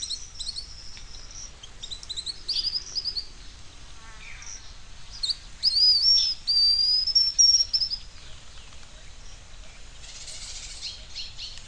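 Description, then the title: Bird song: a clear, high warbling whistle that rises and falls for about two seconds, with softer chirps before and after. "LuckyPassaro Completos2Sama"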